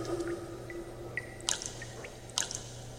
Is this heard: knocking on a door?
no